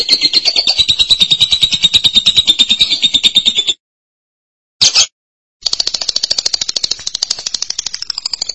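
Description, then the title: Lovebird chattering song, a rapid, shrill pulsed twitter held at a steady high pitch, broken by a short pause and a brief burst before resuming. "BM Suara Burung Lovebird"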